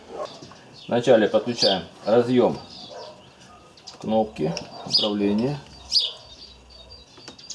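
A wiring connector is being fitted onto the plastic power window switch of a Volkswagen Passat while someone talks, with a few short handling ticks near the end. The clip stops just before the part goes home, and nothing has seated or clicked yet.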